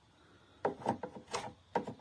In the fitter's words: Clicks into place.